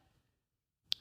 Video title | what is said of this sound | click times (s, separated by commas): Helpful Heifer Dainty Dirties | now that snapped into place we're going to get some sockets and we're going to attach them right on the bottoms | 0.9 s